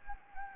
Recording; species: mosquito wingbeat signal from an infrared sensor; Anopheles gambiae